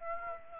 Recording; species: mosquito wingbeat signal from an infrared sensor; Aedes aegypti